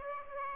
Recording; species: mosquito wingbeat signal from an infrared sensor; Aedes aegypti